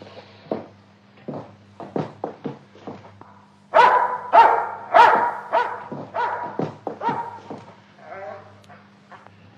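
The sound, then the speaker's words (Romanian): A dog barks repeatedly in uneven bursts, with louder, harsher barks in the middle and softer whining yelps between them, over a low steady hum. “Acum cum o vede se ascunde sub pat și când e singur cu mine schiaună și latră de parcă mi-ar spune ceva.”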